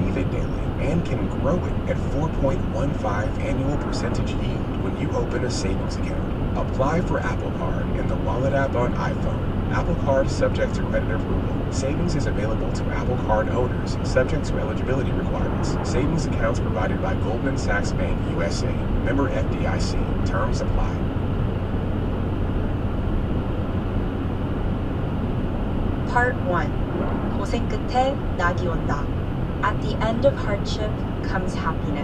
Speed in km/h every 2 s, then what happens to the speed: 121, 121, 121, 121, 121, 122, 122, 122, 122, 122, 122, 121, 121, 121, 118, 118.
0-32 steady at about 121.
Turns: none.